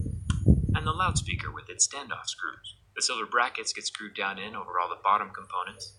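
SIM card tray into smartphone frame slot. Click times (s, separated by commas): 0.3 s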